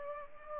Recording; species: mosquito wingbeat signal from an infrared sensor; Culex pipiens